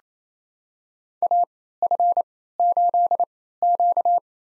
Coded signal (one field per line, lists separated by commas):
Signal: Morse code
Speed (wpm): 27 wpm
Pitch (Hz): 700 Hz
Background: none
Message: AF8Q